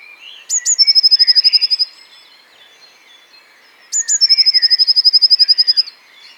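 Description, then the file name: Eurasian blue tit singing: two very high thin notes, then a fast even trill lasting about a second, given twice, with soft chirps from other birds behind. "blaumeise gesang nabu lars lachmann"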